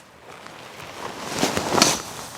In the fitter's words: locks together I heard it click and then you scoot the wheels around so it will stand